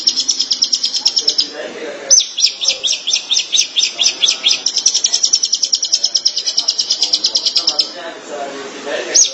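Shrike song of quick, high scratchy notes repeated in rapid bursts, a brief pause near two seconds, then steady chattering, with faint low noises beneath.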